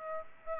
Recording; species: mosquito wingbeat signal from an infrared sensor; Aedes aegypti